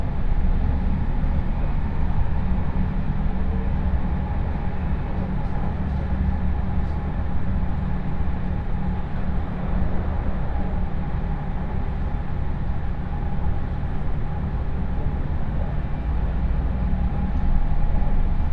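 A train on the Chuo West Line runs between Ena and Kozoji, its heavy low rumble steady and dense for the whole stretch. A thin, constant whine sits above the roar, and a few faint ticks surface around the sixth and seventh seconds.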